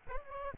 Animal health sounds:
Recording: mosquito wingbeat signal from an infrared sensor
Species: Aedes albopictus

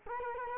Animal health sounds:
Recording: mosquito wingbeat signal from an infrared sensor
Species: Culex quinquefasciatus

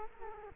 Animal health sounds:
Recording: mosquito wingbeat signal from an infrared sensor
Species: Culex quinquefasciatus

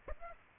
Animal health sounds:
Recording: mosquito wingbeat signal from an infrared sensor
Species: Aedes aegypti

